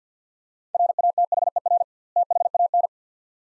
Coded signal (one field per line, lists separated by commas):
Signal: Morse code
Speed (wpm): 50 wpm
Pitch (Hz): 700 Hz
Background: none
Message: RATHER THAN